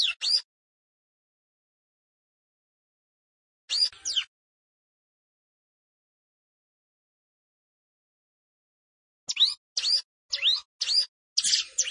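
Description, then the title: Plain prinia singing sharp, sweeping high note bursts, isolated at first, then a rapid series of five phrases in the last three seconds, with silence between. "Ciblek Sawah 1"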